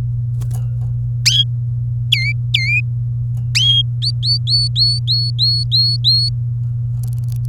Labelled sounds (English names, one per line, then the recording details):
Domestic Canary song
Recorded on 24 April 2018 at 05:50
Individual llb3